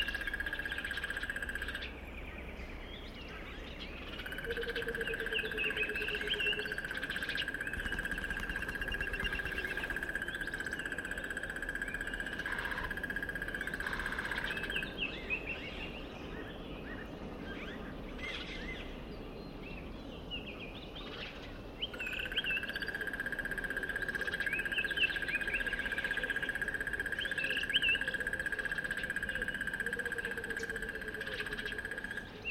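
Around a dry stretch of the Limpopo River early in the rainy season, a steady high insect whine sounds in long bouts, starting and stopping about every ten seconds. Frogs croak beneath it, with scattered bird calls and a low rumble throughout.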